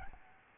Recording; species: mosquito wingbeat signal from an infrared sensor; Aedes albopictus